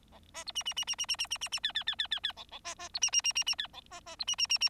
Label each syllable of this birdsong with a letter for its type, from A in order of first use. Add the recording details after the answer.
A A B C C C C C C C C C C D D D D D D E E A A B C C C C C D E A A B C C C C. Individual Bird4